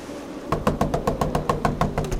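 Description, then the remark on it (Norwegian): A boy pounds as hard as he can on the wooden door of a house at night: a rapid, steady run of about a dozen heavy thuds in quick succession after a brief quiet start, with no voices. “Gutten banker alt han orker på døren til Malenas hus.”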